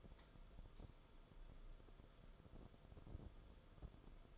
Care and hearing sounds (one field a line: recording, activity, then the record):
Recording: daily activity, microphone in the room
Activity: light on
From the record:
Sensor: 5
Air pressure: 994.6 hPa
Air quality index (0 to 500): 191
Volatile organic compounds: 1000 ppm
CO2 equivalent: 5632 ppm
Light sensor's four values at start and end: 23/58/24/28 and 25/65/27/31